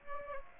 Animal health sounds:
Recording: mosquito wingbeat signal from an infrared sensor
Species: Aedes aegypti

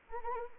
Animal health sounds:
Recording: mosquito wingbeat signal from an infrared sensor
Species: Anopheles arabiensis

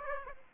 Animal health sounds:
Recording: mosquito wingbeat signal from an infrared sensor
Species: Aedes aegypti

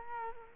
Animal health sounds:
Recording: mosquito wingbeat signal from an infrared sensor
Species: Culex quinquefasciatus

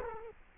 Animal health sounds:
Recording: mosquito wingbeat signal from an infrared sensor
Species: Culex quinquefasciatus

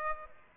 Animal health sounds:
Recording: mosquito wingbeat signal from an infrared sensor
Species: Aedes aegypti

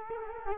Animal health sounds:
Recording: mosquito wingbeat signal from an infrared sensor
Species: Culex quinquefasciatus

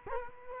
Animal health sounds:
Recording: mosquito wingbeat signal from an infrared sensor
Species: Culex quinquefasciatus

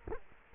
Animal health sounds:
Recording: mosquito wingbeat signal from an infrared sensor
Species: Culex quinquefasciatus

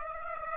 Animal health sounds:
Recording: mosquito wingbeat signal from an infrared sensor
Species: Aedes aegypti

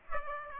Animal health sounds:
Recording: mosquito wingbeat signal from an infrared sensor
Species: Aedes aegypti

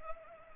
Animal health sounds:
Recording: mosquito wingbeat signal from an infrared sensor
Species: Culex pipiens

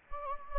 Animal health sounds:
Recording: mosquito wingbeat signal from an infrared sensor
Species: Anopheles gambiae

